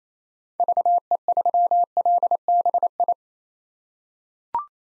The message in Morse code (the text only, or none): VE3LBI